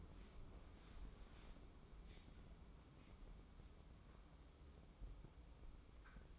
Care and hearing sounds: daily activity, microphone in the room; wipe stove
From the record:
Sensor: 1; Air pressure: 996.1 hPa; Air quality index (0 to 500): 71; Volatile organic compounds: 3 ppm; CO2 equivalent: 1478 ppm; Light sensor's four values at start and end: 27/99/37/38 and 27/99/37/38

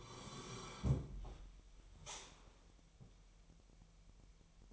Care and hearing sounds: daily activity, microphone in the room; sit down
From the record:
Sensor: 1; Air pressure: 1002.0 hPa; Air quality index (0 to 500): 241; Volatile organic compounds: 103 ppm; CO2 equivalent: 3771 ppm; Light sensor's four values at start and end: 10/23/9/11 and 10/23/10/11

